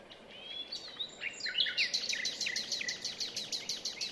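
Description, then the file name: Common nightingale song: varied whistles and rising notes, then a fast run of repeated sharp chirps, with a low steady background hiss. "Luscinia megarhynchos"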